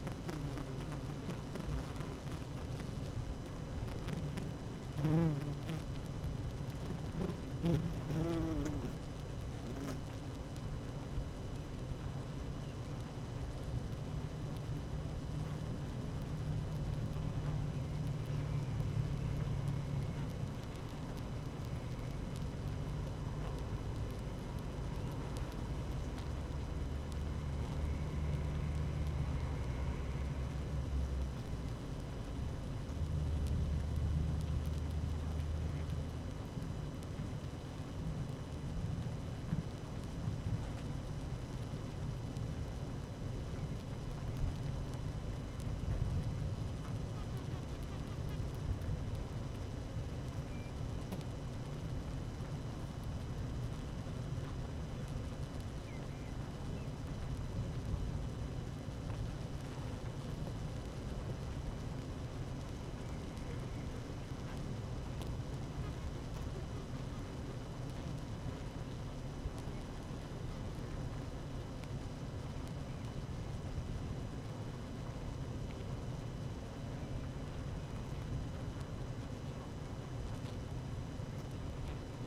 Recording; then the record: honeybee colony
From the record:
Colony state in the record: active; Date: 12 June 2018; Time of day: 12:37